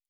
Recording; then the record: hydrophone in a shrimp aquaculture tank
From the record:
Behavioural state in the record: normal